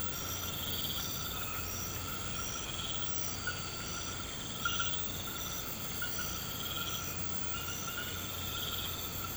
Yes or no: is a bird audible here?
no